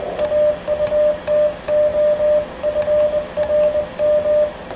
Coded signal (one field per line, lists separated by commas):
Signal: Morse code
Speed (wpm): 21 wpm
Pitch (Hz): 600 Hz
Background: radio noise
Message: AUTO FRM